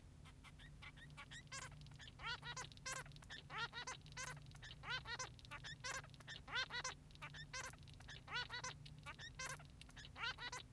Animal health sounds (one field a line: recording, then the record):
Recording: song of a male Bengalese finch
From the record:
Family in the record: son of father 3